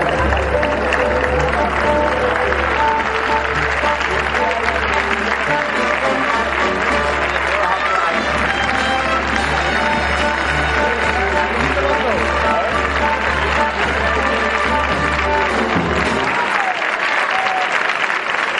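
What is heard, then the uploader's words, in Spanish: A bullfight crowd at the start of the event fills the arena with dense, steady chatter and bursts of clapping. A low, constant hum runs underneath until about sixteen seconds, when it drops away, leaving the crowd noise alone. Sonido del comienzo de la corrida mixta de toros en la feria de agosto en Aracena. Sonido ambiente desde el callejón.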